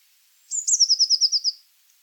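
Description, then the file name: Eurasian blue tit giving one high-pitched phrase: a thin opening note running into a rapid trill of about eight evenly spaced notes, lasting around one second. "Cyanistes caeruleus"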